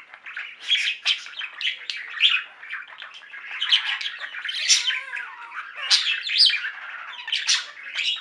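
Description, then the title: Budgerigar chatter: harsh squawky notes mixed into rapid warbling, with louder squeaks standing out. "Budgie Sounds"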